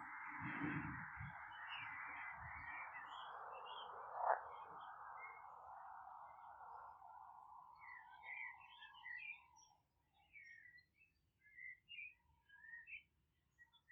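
Croaking frogs and birdsong fill a countryside garden. For the first ten seconds a dense, steady chorus of frogs holds a mid-pitched wash, with low thumps near the start and a sharp click around four seconds. Afterward the chorus drops away, leaving scattered bright bird chirps and tweets.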